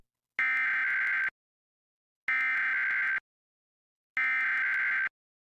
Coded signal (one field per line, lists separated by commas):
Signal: Emergency Alert System (SAME) tones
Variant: header bursts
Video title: Ventura Required Monthly Test (EAS #1209-1222) 9/5/23